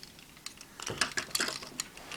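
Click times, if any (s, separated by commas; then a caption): none. Plastic rear wheel assemblies on a transforming robot toy are handled and pulled down toward their locked position in the toy's body joints. A run of light, dry plastic taps and rattles is heard, with the sharpest knocks around 1.0 and 1.4 seconds. Nothing has seated or clicked into place yet.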